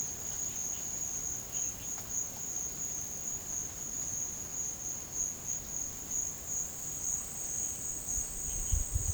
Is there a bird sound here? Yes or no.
no